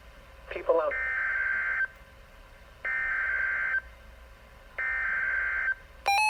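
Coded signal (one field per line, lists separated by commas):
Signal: Emergency Alert System (SAME) tones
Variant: header bursts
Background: speech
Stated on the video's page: Real Flash Flood Warning EAS alert, audio only, public-sourced, from a severe weather event.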